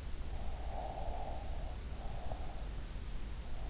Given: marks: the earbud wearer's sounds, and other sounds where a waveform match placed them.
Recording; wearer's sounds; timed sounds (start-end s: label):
sounds in sleep by an in-ear microphone; breath
0.30-3.03 s: breath